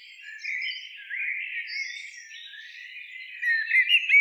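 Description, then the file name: Eurasian blackbird calls and twittering, a run of chirping notes, growing louder near the end. "Turdus merula"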